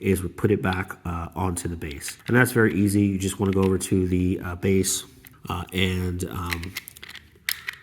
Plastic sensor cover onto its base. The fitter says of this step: put the cover back on there until you hear it click, like that.